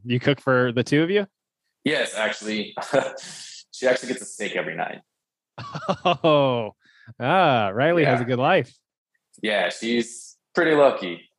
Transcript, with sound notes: You cook for the two of you?
Yes, actually. She actually gets a steak every night.
(LAUGHS) Oh, Riley has a good life.
Yeah, she's pretty lucky.